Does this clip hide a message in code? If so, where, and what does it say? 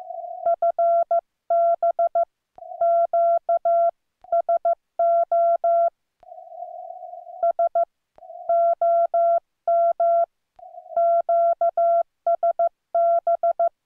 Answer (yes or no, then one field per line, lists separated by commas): yes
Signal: Morse code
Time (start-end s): 0.5-13.7 s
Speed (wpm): 15 wpm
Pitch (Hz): 680 Hz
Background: none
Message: FB QSO SOM QSB